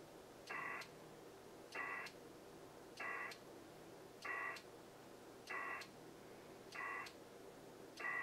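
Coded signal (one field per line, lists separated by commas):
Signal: HF data modem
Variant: PACTOR III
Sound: seven short raspy data bursts repeating about every 1.25 seconds over hiss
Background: radio static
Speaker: we finally made a link and now we're going to go ahead and and send that message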